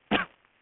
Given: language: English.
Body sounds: throat vibration sensor signal played as sound; cough

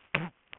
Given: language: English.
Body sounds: throat vibration sensor signal played as sound; throat clearing

